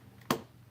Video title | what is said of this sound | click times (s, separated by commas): Mega Construx Castle Grayskull Build-A-Thon #8 | ah there we go I think that clicked into place okay | 0.3 s